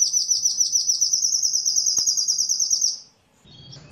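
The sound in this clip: Bird song, a continuous fast rolling high trill lasting about three seconds, then a short pause and a brief high note.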